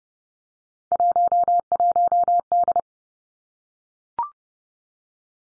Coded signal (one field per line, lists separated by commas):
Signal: Morse code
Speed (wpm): 30 wpm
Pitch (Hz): 700 Hz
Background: none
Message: 11D